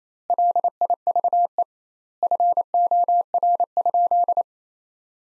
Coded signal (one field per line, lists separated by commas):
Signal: Morse code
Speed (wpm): 28 wpm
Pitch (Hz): 700 Hz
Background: none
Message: LIVE FOR?